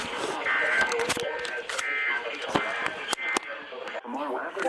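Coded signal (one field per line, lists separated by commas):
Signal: Emergency Alert System (SAME) tones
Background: speech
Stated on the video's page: Multiple Marine Warnings.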